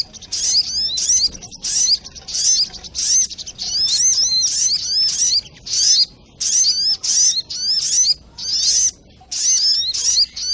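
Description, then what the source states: Spiderhunter song: very high, dense chattering bursts with quick sweeping notes, each burst about half a second, repeated steadily throughout with short gaps. Training recording (masteran) of the labaik song style.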